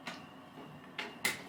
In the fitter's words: there got a click